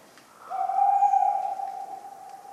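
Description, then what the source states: Tawny owl hooting: one strong, drawn-out, smooth hoot at a constant pitch, tapering away over about two seconds. Cold autumn night, 11 November 1995, at the Ménigoute ornithological film festival, France; a talkative owl.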